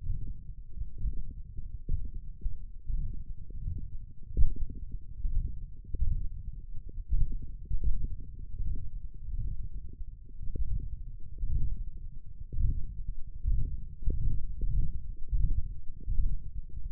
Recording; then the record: forearm muscle sounds (acoustic myography)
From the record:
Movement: ulnar deviation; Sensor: system 1, eight BSWA MPA416 microphones around the upper forearm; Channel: 2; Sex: male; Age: 21 years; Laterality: right